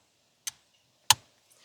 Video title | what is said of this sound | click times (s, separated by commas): This OLED Display Gives You Easy Tesla Information! | That clicks into place. | 1.1 s